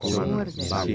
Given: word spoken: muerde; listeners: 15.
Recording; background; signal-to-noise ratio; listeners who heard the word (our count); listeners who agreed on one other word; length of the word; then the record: one Spanish word in noise, from a listening test; four-talker babble; -1.6 dB; 3 of 15; 6 of 15; 0.55 s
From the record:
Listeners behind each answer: 6, 3, 1, 1, 1, 1, 1, 1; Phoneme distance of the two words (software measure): 7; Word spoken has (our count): 2 syllables, 6 phonemes, stress on syllable 1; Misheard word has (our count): 2 syllables, 7 phonemes, stress on syllable 1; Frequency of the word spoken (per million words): 2.92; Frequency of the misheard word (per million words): 0.08